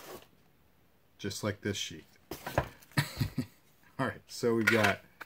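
A fixed-blade knife is handled near its custom kydex sheath while someone talks, with a few short knocks and a faint tick near the end. The knife has not yet snapped into the sheath; nothing has seated or clicked yet.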